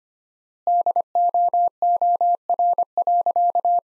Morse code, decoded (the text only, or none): DOOR.